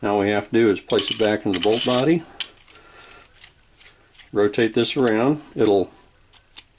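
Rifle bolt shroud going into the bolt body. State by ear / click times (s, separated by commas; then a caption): partly seated / 6.6 s. Someone talks while a Mauser rifle bolt's shroud and firing pin assembly, with its compressed firing pin spring and the safety in the straight-up position, is placed back into the steel bolt body and rotated. Faint metallic handling ticks follow between about 2.6 and 3.8 s. A sharp click at 6.6 s marks the first of the two expected clicks on reassembly.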